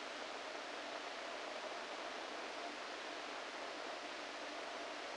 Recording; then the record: brain microelectrode recording played as sound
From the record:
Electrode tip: inside the subthalamic nucleus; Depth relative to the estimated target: -3 mm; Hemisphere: right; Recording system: NeuroSet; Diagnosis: Parkinson's disease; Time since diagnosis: 14 years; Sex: male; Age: 51 years